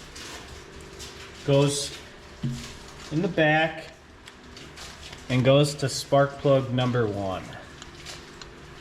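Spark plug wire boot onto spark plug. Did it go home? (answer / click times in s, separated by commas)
no / none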